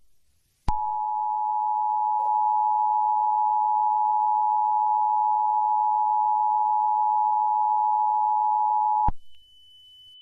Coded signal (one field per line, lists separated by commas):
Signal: Emergency Alert System (SAME) tones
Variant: 853 and 960 Hz attention tone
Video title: Crescendo of the Blood Moon Part 1: Maid Warlord’s Control | EAS Scenario